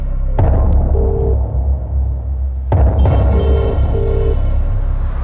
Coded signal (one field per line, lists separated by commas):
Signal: telephone call progress tone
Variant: UK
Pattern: ringback tone